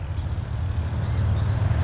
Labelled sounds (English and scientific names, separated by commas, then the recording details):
Pacific Wren (Troglodytes pacificus)
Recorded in Sonoma County, California